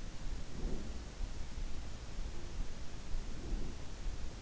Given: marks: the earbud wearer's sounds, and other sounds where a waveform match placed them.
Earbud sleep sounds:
sounds in sleep by an in-ear microphone; breath
0.40-1.01 s: breath
2.86-3.93 s: breath

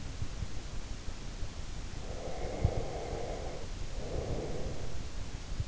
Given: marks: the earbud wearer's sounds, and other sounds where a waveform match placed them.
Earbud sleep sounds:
sounds in sleep by an in-ear microphone; breath
2.00-5.15 s: breath

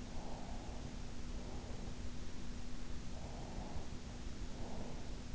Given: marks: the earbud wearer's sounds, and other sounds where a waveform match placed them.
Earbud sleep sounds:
sounds in sleep by an in-ear microphone; breath
0.03-2.02 s: breath
3.11-5.14 s: breath

